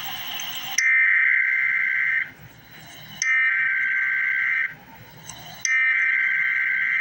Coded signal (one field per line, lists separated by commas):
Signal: Emergency Alert System (SAME) tones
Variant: header bursts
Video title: Emergency Alert System - Cold Weather Advisory - Feb 5, 2026 at 12:58 PM EST